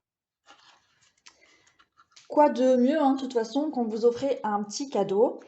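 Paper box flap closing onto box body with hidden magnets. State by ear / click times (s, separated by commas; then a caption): seated / 1.3 s. The flap of a handmade triangular paper pencil-case box is closed, and magnets hidden behind the patterned paper pull it shut against the box body. After a few faint handling rustles, a short sharp tap at 1.3 s marks the flap snapping properly closed. Someone then talks from about 2.3 s to the end.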